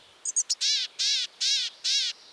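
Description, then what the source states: Gray-headed Chickadee giving a call of three short high notes, then four hoarse buzzy notes evenly spaced. Found in the extreme northwest corner of the continent, north of the Arctic Circle.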